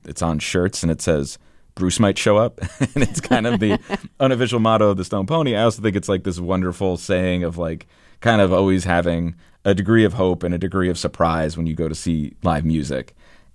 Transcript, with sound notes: It's on shirts, and it says, Bruce might show up.
(LAUGHTER)
And it's kind of the unofficial motto of the Stone Pony. I also think it's, like, this wonderful saying of, like, kind of always having a degree of hope and a degree of surprise when you go to see live music.